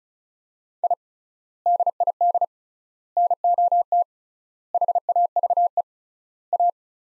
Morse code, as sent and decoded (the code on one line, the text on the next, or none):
.. / -.. .. -.. / -. --- - / .... .- ...- . / .-
I DID NOT HAVE A